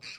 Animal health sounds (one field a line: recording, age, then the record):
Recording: pig call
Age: piglet (1 to 25 days)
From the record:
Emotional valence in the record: positive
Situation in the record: short reunion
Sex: female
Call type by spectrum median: high-frequency call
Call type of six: low-frequency tonal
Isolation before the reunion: 3 minutes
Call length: 0.19 s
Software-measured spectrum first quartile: 2285 Hz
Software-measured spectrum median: 3505 Hz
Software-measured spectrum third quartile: 4655 Hz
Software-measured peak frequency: 2485 Hz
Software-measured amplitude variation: 106 dB a second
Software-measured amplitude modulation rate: 18.5 a second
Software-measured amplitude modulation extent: 5.7 dB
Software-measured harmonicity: 2.8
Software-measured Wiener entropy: -1.56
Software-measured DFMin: 1284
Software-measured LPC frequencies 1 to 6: 1543, 2511, 4012, 4578, 5775, 7524 Hz